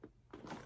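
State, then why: Not seated. A side locking lug on a plastic clamshell figure display case is pushed down to engage it, making two short plastic knocks near 0.0 and 0.3 seconds followed by a rustling scrape. The lug does not lock into place, and nothing has seated or clicked.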